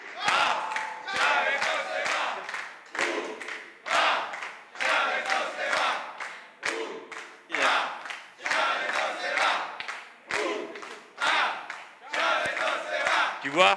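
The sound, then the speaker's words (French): A crowd applauds and cheers loudly at a Venezuela and Latin America evening at l'Usine, with many voices shouting in steady, rhythmic bursts that repeat about once a second over a constant wash of clapping. “On t'applaudit et hasta la victoria.”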